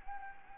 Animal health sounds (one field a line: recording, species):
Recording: mosquito wingbeat signal from an infrared sensor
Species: Anopheles gambiae